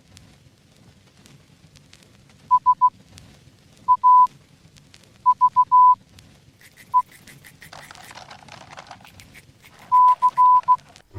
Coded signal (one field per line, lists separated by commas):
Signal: Morse code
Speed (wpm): 16 wpm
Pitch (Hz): 1000 Hz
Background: none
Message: SAVE C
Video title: FNAC HIDDEN MORSE CODE EASTER EGG - FIVE NIGHTS AT COBSONS